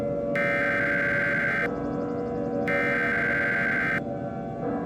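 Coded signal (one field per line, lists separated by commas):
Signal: Emergency Alert System (SAME) tones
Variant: header bursts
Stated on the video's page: Fictional tornado alert scenario made with software.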